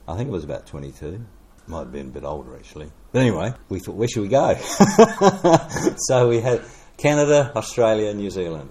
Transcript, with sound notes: I think I was about twenty-two; might’ve been a bit older actually. Anyway, we thought, ‘Where shall we go?’ [Chuckle] So we had Canada, Australia, New Zealand;